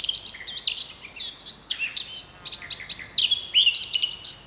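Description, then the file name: Eurasian blackcap giving a fast, chattering warble of jumbled high notes in short bursts, with clear whistled phrases near the end. "Sylvia atricapilla"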